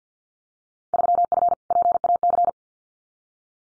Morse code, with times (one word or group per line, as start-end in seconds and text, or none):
0.9-1.5 3F
1.7-2.5 PAC